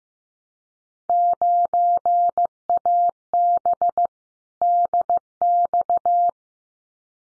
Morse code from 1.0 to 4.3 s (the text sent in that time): 9AB